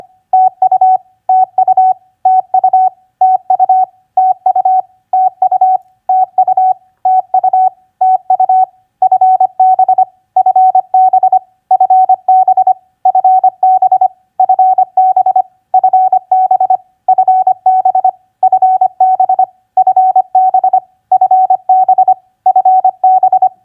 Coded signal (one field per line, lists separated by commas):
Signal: Morse code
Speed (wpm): 25 wpm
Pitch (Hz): 750 Hz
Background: none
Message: TU TU TU TU TU TU TU TU TU FB FB FB FB FB FB FB FB FB FB FB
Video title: Morse Code Practice QSO Elements Q5d TU-FB-CUAGN 25wpm